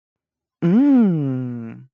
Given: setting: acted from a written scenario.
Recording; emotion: vocal sound without words; interest